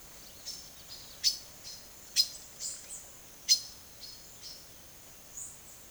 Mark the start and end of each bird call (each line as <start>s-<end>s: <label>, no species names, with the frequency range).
0.28s-4.68s: bird call (1.3-12.3 kHz)
5.26s-5.63s: bird call (5.9-10.2 kHz)